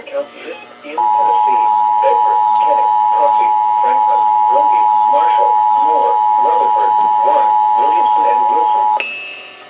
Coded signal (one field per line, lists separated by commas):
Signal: Emergency Alert System (SAME) tones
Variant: 853 and 960 Hz attention tone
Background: speech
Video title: NOAA Radio (EAS # 629-630) Required Weekly Tests 3/27/19